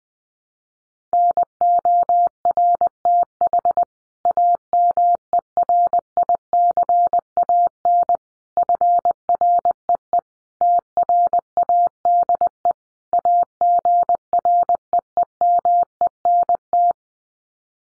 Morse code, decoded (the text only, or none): NORTH AMERICAN FREE TRADE AGREEMENT